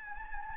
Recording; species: mosquito wingbeat signal from an infrared sensor; Anopheles gambiae